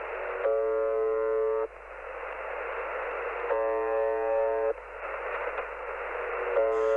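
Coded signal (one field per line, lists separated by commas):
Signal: channel marker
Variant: UVB-76 (The Buzzer)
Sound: short rough low buzzes about one second long, repeating every few seconds through static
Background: radio static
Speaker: uvb-76 bazır takma adıyla da bilinir 4625 kilo hers frekansında yayın yapan bir kısa dalga Radyo istasyonudur kısa monoton bir vızıltı donu yayınlar ve günde 24 saat dakikada yaklaşık 26 tonluk bir hızda tekrarlanır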